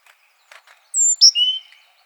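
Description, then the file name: Great tit giving one phrase of a high descending whistle, a sharp middle note and a lower sustained whistle, preceded by a few faint soft ticks. "Parus major"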